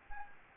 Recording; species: mosquito wingbeat signal from an infrared sensor; Anopheles gambiae